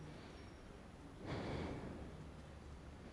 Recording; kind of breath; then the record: one breath in and out by a microphone near the nose and mouth; normal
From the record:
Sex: male